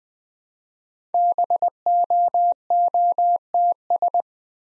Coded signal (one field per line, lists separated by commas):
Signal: Morse code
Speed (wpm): 20 wpm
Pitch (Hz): 700 Hz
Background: none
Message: BOOTS